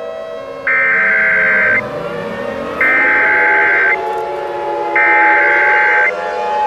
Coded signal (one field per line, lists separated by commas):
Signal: Emergency Alert System (SAME) tones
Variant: header bursts